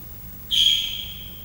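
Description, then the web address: Leopard chirp: one sudden high whistled note that starts sharply and fades into a slightly falling, drawn-out tail, with a faint low hum beneath. Three-month-old leopard cubs chirping, at a zoo in Miskolc, Hungary, 2009. "allathangok miskolcizoo 2009 standardt leopard haromhonaposkolyokcsipog nyavog"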